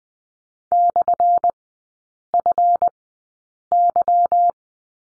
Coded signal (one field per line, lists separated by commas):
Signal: Morse code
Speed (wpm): 20 wpm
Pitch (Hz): 700 Hz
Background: none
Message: /FY